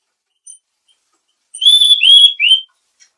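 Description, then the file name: Mangrove blue flycatcher giving three clear whistled notes in quick succession, each gently sliding, after a faint short opening note. "suara burung tledekan laut"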